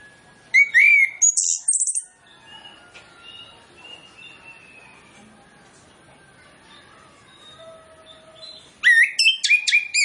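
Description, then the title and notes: Orange-headed Thrush song: two loud bursts of quick, varied whistled and chirping notes, one at the start and one near the end, with a long quiet gap between. Lure training recording of full mimicry-filled song, played to prompt Orange-headed Thrushes to sing quickly and freely. "Masteran Anis Kembang Full Isian Untuk Suara Pancingan Anis Kembang Agar Cepat Ngeplong. Suara Burung Anis Kembang"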